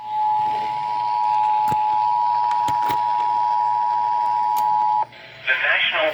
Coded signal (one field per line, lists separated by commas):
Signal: Emergency Alert System (SAME) tones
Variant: 853 and 960 Hz attention tone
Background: speech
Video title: A CURSED WEATHER EVENT... EAS Alerts from 8/6/20 (EAS #4,842 - 4,888)